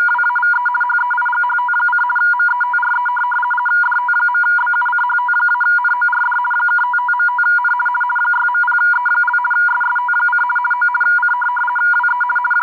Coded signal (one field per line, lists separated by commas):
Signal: RTTY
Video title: RTTY Signal (4585 kHz LSB) decoded by DroidRTTY app